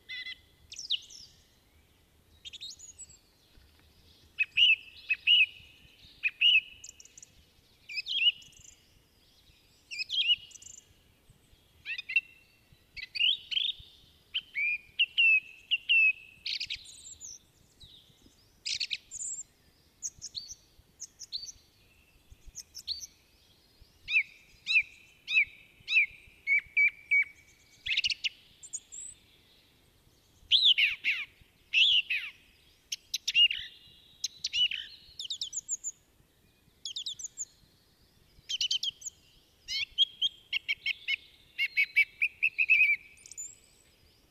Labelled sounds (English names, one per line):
Song Thrush song